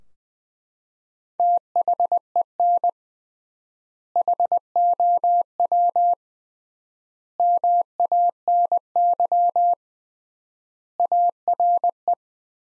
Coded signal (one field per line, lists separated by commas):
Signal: Morse code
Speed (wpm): 20 wpm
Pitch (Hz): 700 Hz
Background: none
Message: THEN HOW MANY ARE